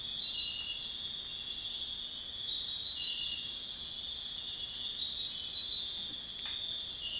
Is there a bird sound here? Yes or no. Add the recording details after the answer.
no. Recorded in dense forest near Puerto Asís, Putumayo, Colombia, on 21 February 2024 at 05:00. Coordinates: 0.502, -76.324. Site G6370